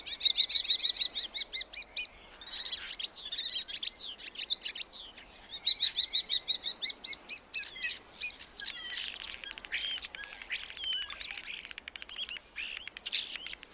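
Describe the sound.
Black starling song: a fast, varied jumble of clicks, rattles, buzzy notes and high squeaky whistles, running almost continuously with short pauses.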